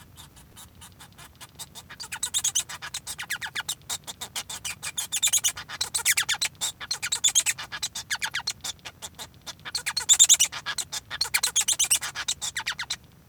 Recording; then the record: song of a male Bengalese finch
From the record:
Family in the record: son of father 1